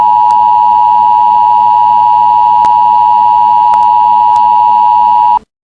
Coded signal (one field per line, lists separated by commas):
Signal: Emergency Alert System (SAME) tones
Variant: 853 and 960 Hz attention tone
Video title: EAS Alert SALK NOPP